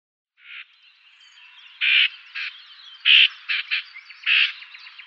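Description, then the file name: Common whitethroat: short scratchy grating notes, some louder and broader, spaced irregularly over a faint buzzy background. "Greater Whitethroat"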